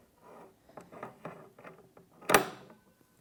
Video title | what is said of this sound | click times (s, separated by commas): How to Replace the Handles on a Combo Chair - BB Garage | to adjust the height of the handle and then at a certain point it will snap into place | 2.3 s